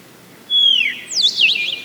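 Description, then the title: Black-crested warbler phrase: a high whistled note sliding downward, then a quick run of sharp zigzagging notes. "Myiothlypis Nigrocristata"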